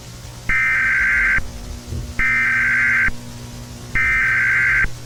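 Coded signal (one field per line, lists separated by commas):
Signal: Emergency Alert System (SAME) tones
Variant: header bursts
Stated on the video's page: Fictional analog-horror EAS scenario, simulated using Balabolka, Audacity, Adobe Premiere Pro and NtscQt.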